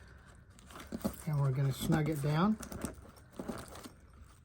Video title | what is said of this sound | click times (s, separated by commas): RKA Rackbag Installation Guide | and that one's going to click right in there | 0.6 s